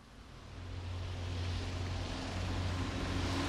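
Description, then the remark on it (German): Heavy wagons and trucks of a travelling circus roll in with a steady, low engine drone and broad rumbling noise that swells slightly at the start and then holds constant, with no voices. “Lauter Zirkuswagen kommen da angerollt. Und Lastwagen.”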